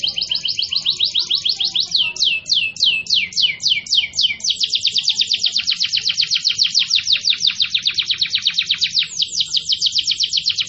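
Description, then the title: Canary delivering a long unbroken song of quick repeated high notes, a phrase of descending sweeps followed by very fast trills. Singing in the energetic, nonstop style described as gacor. "Kenari Gacor"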